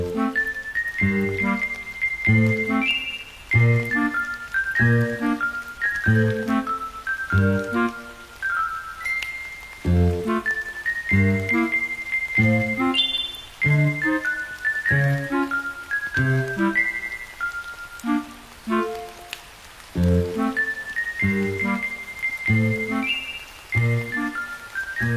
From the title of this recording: Music w/ Rain Sounds